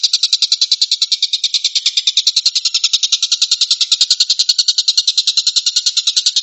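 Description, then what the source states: Stork-billed kingfisher rattle, rapid rasping pulses delivered in an even, continuous stream. Tembakan, a rapid "shooting" call style.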